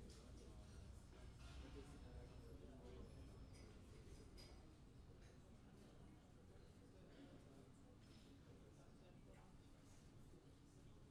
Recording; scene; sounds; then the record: everyday scene through a hearing-aid microphone; many people talking; many voices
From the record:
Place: university cafeteria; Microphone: in the ear canal, left